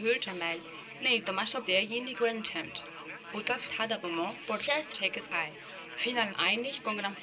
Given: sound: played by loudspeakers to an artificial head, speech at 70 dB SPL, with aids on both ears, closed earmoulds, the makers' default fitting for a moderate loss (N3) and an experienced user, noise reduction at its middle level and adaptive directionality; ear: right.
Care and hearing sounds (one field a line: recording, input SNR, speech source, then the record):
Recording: speech test signal (ISTS) in cocktail-party noise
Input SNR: +6 dB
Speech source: on the right (90 degrees)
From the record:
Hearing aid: class 2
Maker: C